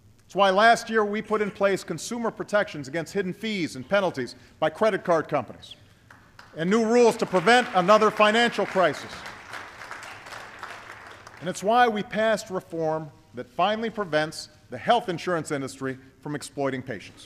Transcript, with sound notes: It’s why last year, we put in place consumer protections against hidden fees and penalties by credit card companies and new rules to prevent another financial crisis. (Applause.) And it’s why we passed reform that finally prevents the health insurance industry from exploiting patients.